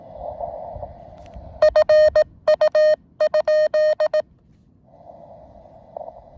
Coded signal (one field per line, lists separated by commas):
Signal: Morse code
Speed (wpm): 18 wpm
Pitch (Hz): 620 Hz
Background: none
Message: FU?